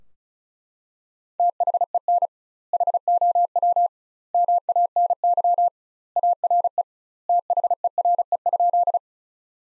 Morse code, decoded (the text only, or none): THEN HOW MANY ARE THERE?